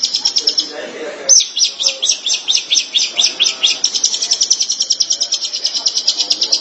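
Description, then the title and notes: Shrike song: rapid, high, scratchy chatter with varied notes repeating quickly throughout. Faint low sounds are heard at the start. Local Indonesian name 'pentet'; recording labelled 201703. "Suara burung pentet"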